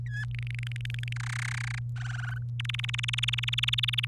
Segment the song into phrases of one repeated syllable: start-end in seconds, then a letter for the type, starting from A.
0.06-0.25 A, 0.34-1.13 B, 1.16-1.79 C, 1.96-2.38 D, 2.60-4.05 E